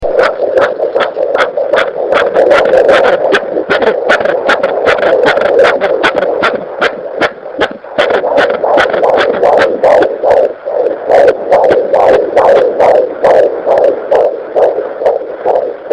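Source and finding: Heartbeat. Heartbeat.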